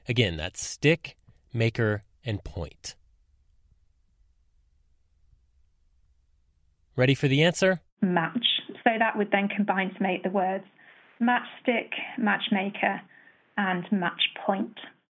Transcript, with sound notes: Again...stick, maker, and point. (five-second silence) Ready for the answer? "Match. So that would then combine to make the words matchstick, matchmaker, and matchpoint."